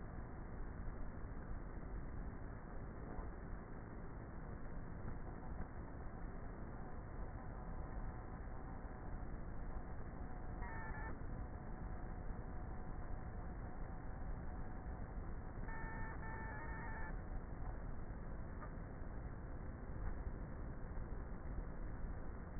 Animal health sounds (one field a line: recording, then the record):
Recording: honeybee colony, microphone inside the hive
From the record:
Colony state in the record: queenless with a low population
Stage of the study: before two queens were removed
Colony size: about 30,000 bees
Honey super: no